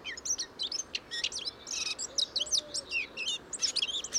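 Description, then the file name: Eurasian blackcap singing a fast, scratchy twittering stream of high notes with quick whistled slurs, nearly unbroken for four seconds. "Sylvia atricapilla"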